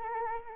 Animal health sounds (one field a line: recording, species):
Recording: mosquito wingbeat signal from an infrared sensor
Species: Anopheles arabiensis